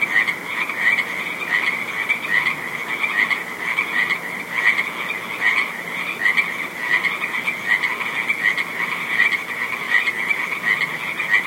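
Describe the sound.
Frogs croaking in a dense chorus, with steady, overlapping rasping calls pulsing throughout and no pause.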